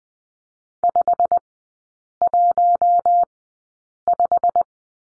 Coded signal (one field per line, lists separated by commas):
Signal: Morse code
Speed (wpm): 20 wpm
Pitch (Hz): 700 Hz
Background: none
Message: 515